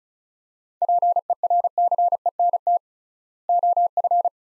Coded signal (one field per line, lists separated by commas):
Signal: Morse code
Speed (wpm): 36 wpm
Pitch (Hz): 700 Hz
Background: none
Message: PERCENT OF